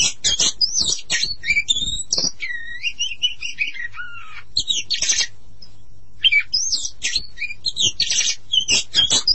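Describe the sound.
Oriental magpie-robin song, a rapid jumble of high whistled phrases mixed with harsh, scratchy bursts, with a stretch of sliding whistles early on.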